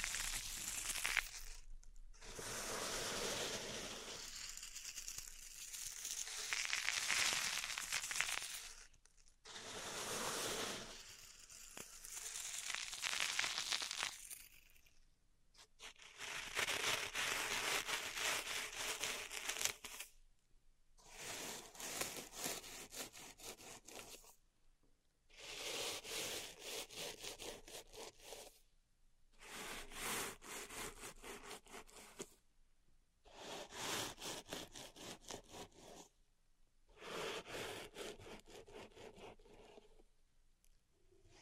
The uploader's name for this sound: Pink Salt Zen Garden Triggers